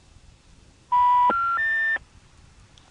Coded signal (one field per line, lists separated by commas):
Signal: telephone call progress tone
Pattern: special information tone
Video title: ITT Pentaconta Crossbar Switch in Asheboro NC 4th pgm, Summer 1986